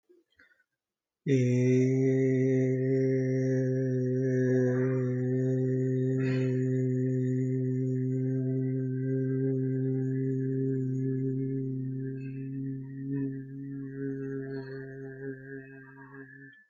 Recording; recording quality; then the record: sustained vowel as in made; excellent, no background noise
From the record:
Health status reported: healthy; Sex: male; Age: 33 years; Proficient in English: yes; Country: India